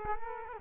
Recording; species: mosquito wingbeat signal from an infrared sensor; Culex quinquefasciatus